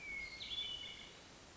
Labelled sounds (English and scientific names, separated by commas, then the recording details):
Hermit Thrush (Catharus guttatus)
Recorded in Sonoma County, California